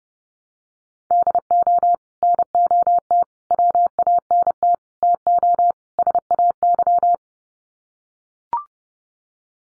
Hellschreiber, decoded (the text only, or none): none